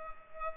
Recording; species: mosquito wingbeat signal from an infrared sensor; Culex pipiens